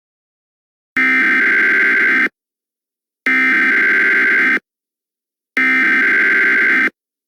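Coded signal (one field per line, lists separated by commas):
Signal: Emergency Alert System (SAME) tones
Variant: header bursts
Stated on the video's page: Fictional EAS scenario.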